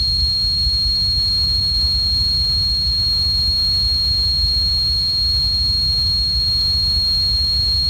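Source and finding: Synthesized device sound. Tinnitus simulation.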